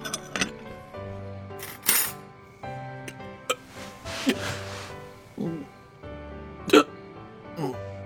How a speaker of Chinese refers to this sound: 温小辉把一大碗馄饨吃光后，满足地摸着肚皮打了个饱嗝